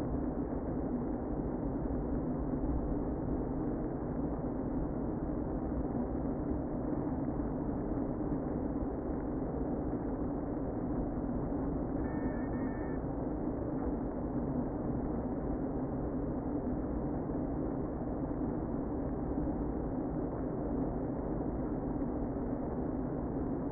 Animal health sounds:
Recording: honeybee colony, microphone inside the hive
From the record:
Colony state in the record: queen present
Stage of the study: before two queens were removed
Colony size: about 60,000 bees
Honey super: yes

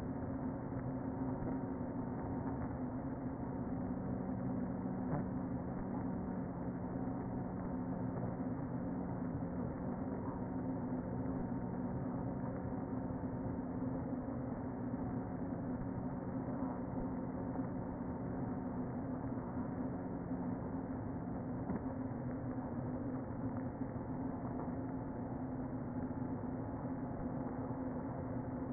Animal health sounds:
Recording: honeybee colony, microphone inside the hive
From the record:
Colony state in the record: queen present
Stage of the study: before two queens were removed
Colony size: about 60,000 bees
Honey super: yes

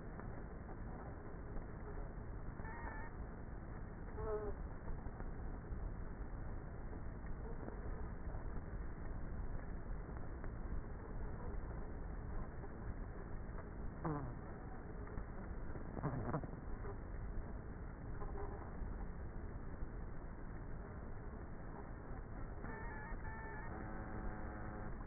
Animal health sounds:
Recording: honeybee colony, microphone inside the hive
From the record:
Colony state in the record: queenless with a low population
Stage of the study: before two queens were removed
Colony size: about 30,000 bees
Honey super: no

